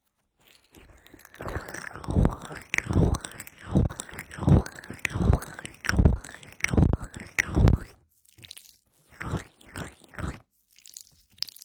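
Wet, sticky aloe gel is squished and pressed. Rhythmic squelching strokes repeat about twice a second, dense and crackly, from about 1.5 to 8 seconds. After a brief pause, sparser, softer squishes continue.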